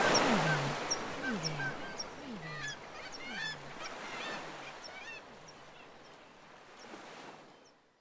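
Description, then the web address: Black-legged kittiwakes calling repeatedly, with low drawn-out descending cries and higher, sharp rising notes overlapping, fading toward the end over a soft background hiss. At a sea cliff. "windybeachaudio. KITTIWAKE SEACLIFF"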